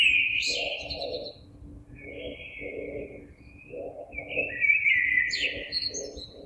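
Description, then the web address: Common blackbird song: fluty warbled phrases with high squeaky endings. Recorded on 26 April 2022. "oiseaux Merle 2022 04 26"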